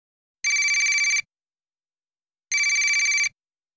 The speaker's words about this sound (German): Mein Handy klingelt.